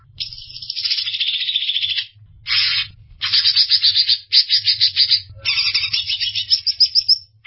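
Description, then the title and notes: Greater green leafbird song with dense, buzzy, chattering phrases repeated in quick bursts, separated by brief silences, over a low background hum. Described as a champion songbird. "Kicau Burung Cucak Ijo Juara. Suara kicauan burung cucak ijo"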